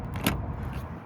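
Someone operates the last small lock holding the lower section of a split (clamshell) rear vehicle tailgate, and a sharp click is heard at 0.3 s. The lock clicks free, releasing the lower section so it can come down.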